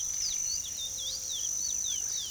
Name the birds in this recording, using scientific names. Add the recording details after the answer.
Sporophila angolensis. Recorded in pastures near Puerto Asís, Putumayo, Colombia, on 18 February 2024 at 07:00. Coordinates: 0.466, -76.323. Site G6384